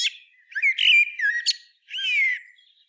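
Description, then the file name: Common blackbird: a squeaky note, then a rolling fluted phrase, a high twitter and a final drawn-out mellow whistle. "Turdus merula"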